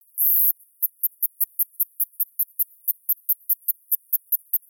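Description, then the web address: Cicada song opening with a brief continuous high buzz, then settling into evenly spaced, sharp high clicks roughly five per second. New Zealand cicada species at Runanga, New Zealand. "cicada NZ species Runanga"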